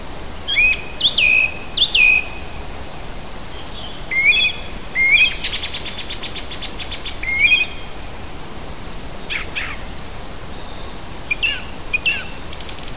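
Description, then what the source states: Birds calling and singing with several separate whistled phrases, a fast rattling trill in the middle and a few sharp chirps, against constant hiss. Native hedge birds, recorded in June.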